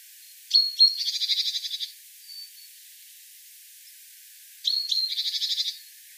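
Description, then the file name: Great tit calling twice: a sharp high note or two leading into a rapid buzzy, ratcheting churr lasting about a second each time. "Parus major"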